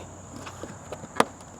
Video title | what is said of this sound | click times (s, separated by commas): Easy Fog Light Installation on 2024 Chevy Colorado Trail Boss | Heard another click. All right, it's clicked in. | 1.2 s